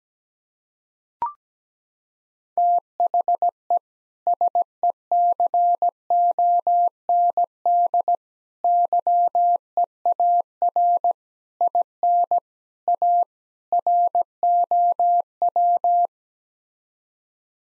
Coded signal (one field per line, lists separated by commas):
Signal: Morse code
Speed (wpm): 17 wpm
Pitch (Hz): 700 Hz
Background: none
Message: THE SECOND YEAR IN A ROW